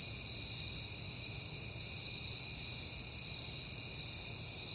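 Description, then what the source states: Crickets chirping steadily, overlapping high trills forming a dense drone with evenly spaced pulsing chirps and a gentle low hum. Crickets recorded at night in September on a peaceful night.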